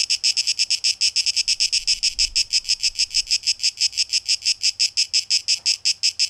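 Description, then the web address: Cicada buzz in clear rhythmic throbs, rapid, high and rasping with a faint low thump midway. Cicadas, tape echo mix, 12 August 2023. "rauschpartikel Audio 2023-08-12 Zikaden"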